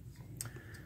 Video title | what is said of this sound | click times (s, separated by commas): CRVW3 Lithium Battery Replacement | It should be able to slide it in and hear it click into place like that with an audible click. | 0.4 s